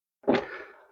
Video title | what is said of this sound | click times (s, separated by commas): Upgrade Your Tesla Model Y with a Powered Frunk! | and I heard a nice click out of there great | 0.3 s